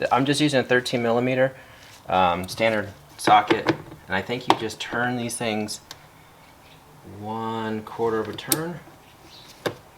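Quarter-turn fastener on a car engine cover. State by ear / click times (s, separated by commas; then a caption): released / 9.7 s. A quarter-turn fastener on a car engine cover is turned a quarter turn with a 13 mm standard socket to release it. Someone talks over the work, and at 9.7 s a short, sharp snap is heard as the fastener pops open and releases.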